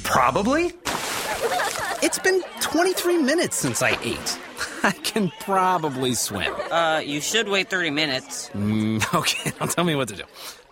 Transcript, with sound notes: Probably? It's been 23 minutes since I ate. (laughs) I can probably swim. Uh, you should wait 30 minutes. Okay, don't tell me what to do.